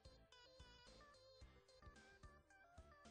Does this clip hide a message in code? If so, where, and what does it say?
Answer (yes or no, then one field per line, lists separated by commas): no